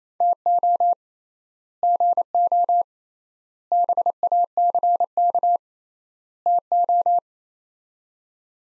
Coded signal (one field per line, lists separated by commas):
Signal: Morse code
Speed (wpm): 28 wpm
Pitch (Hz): 700 Hz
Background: none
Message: TO GO BACK TO